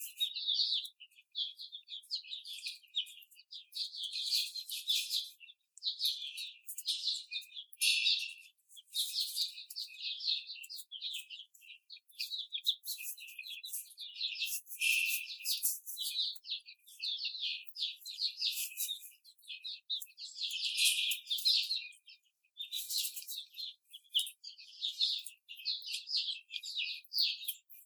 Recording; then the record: young laying hens in a cage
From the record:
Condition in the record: after the stressor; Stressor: simulated dog barking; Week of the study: 4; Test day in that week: 2